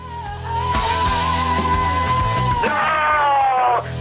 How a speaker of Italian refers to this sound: Giusto, l'urlo di Freccero ha commentato in modo efficacissimo.